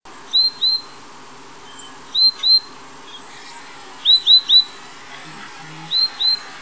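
Scrub euphonia calls: high, clear, down-slurred notes in tight pairs or triplets, each group repeated about every two seconds over a faint steady hiss.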